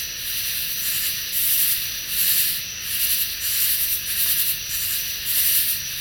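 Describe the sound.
Katydid chorus, a dense high hissing drone pulsing in swells roughly every second, with a steady high whine underneath.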